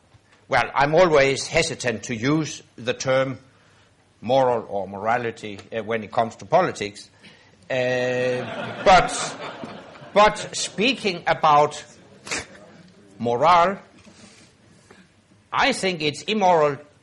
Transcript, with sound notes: Well, I’m always hesitant to use the term ‘moral’ or ‘morality’ when it comes to politics.
(Laughter)
But speaking about morale, I think it’s immoral